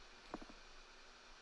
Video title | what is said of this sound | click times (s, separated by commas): GBA SP IPS Screen Mod + Shell Replacement - Retro Refresh | with it closed just push it in about halfway into your little click | 0.3 s